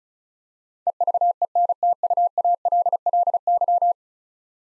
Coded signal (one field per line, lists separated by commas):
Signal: Morse code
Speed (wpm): 36 wpm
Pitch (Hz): 700 Hz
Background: none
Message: EVENTUALLY